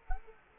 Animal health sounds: mosquito wingbeat signal from an infrared sensor; Culex quinquefasciatus

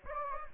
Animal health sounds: mosquito wingbeat signal from an infrared sensor; Anopheles gambiae

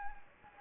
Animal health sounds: mosquito wingbeat signal from an infrared sensor; Anopheles gambiae

